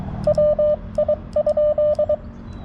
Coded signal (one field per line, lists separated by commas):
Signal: Morse code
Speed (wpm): 22 wpm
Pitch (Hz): 600 Hz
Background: none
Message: WI?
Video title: CW POTA at US-4567 with the TX-500